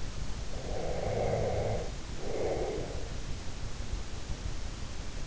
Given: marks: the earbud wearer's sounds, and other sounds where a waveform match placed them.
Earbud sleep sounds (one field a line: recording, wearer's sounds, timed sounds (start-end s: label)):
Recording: sounds in sleep by an in-ear microphone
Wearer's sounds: breath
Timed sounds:
0.50-2.96 s: breath